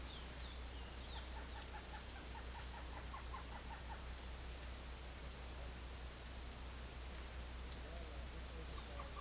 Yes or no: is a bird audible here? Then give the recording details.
yes. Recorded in secondary vegetation near Puerto Asís, Putumayo, Colombia, on 23 June 2025 at 10:00. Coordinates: 0.499, -76.323. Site G077